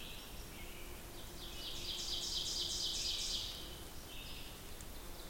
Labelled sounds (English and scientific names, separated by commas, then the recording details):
Ovenbird (Seiurus aurocapilla) song
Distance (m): 50 m
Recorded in boreal forest in Alberta, Canada, on 2 June 2016 at 07:58
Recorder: SongMeter 3, array SBT-3-7
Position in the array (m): 37 m, 153 m
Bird 4